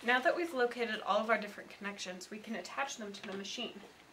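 Someone talks while handling a tubing connector that is about to be pushed into the port of a blood pressure machine under test. Only speech is heard, and nothing has seated or clicked yet.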